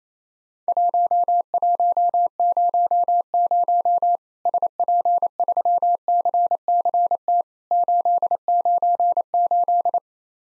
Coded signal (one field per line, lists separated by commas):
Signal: Morse code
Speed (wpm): 28 wpm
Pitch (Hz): 700 Hz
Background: none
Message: 1100 SP3CCT 898